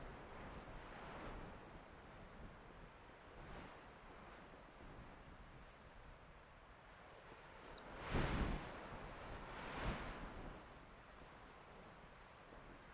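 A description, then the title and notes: Gusty wind buffets the microphone in uneven surges, a dense rushing roar that swells and fades. Softer gusts pass near 1, 3.5 and 6 seconds, then two hard blasts hit around 8 and 10 seconds before the wind settles back to a steady rush. Placed higher with less wind protection, these are the rear pair. With more direct buffeting and an unsteady position, they are the chaotic essence of gusty wind. Just over the Cascade Ridge, in the foothills above Ellensburg, WA, lies one of the best wind energy locations in Washington. That's where I set my mics, inhabiting a large bush.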